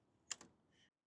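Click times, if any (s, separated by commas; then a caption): 0.3 s. An electronic lock in the rear hub of an Aventon Level 3 e-bike is switched on from the display and engages with a sharp, short click at 0.3 s. A softer second click follows at 0.4 s, and a faint high tone sounds near the end. The hub is now locked and cannot turn.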